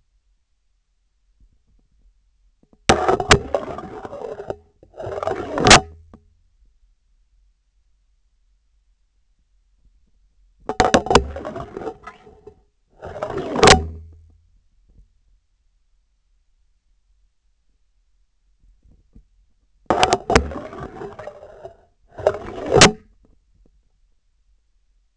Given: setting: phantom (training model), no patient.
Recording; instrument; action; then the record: laparoscopic instrument, vibration sensor on the handle end; scissors; insertion and removal through the trocar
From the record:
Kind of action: spatial motion